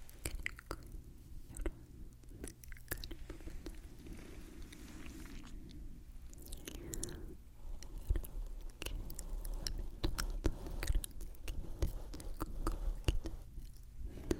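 Soft brushing with frequent crisp, wet clicks and crackles scattered irregularly throughout, over a steady low hum that swells slightly after eight seconds.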